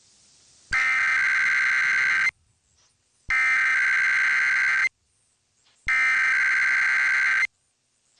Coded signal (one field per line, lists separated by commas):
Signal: Emergency Alert System (SAME) tones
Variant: header bursts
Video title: [EAS #2537-2539] Weekend RWTs (7/08/23 - 7/09/23)